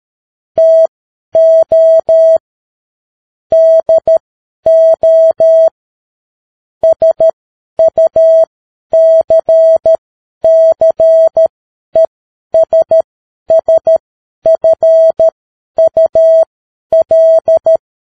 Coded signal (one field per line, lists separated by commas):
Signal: Morse code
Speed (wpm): 13 wpm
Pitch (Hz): 650 Hz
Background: none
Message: TO DO SUCCESSFUL